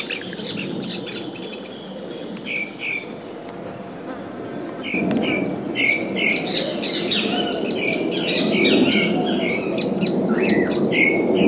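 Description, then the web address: Bird song in busy bursts of high chirps and slurred notes, growing denser and louder in the second half, over a low background rumble. "os passaros"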